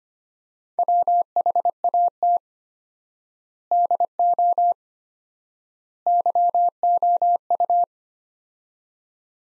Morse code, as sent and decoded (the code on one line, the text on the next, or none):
.-- .... .- - / -.. --- / -.-- --- ..-
WHAT DO YOU